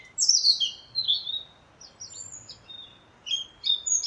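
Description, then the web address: European robin song, thin high warbled phrases sliding down and up, a bright burst at the start, softer scattered notes, then another burst after a short pause. "Deverinetal 2025 File origin Bird Only Er Ru"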